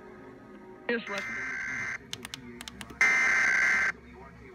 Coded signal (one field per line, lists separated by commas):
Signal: Emergency Alert System (SAME) tones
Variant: header bursts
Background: speech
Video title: PA Required Monthly Test (11/15/18)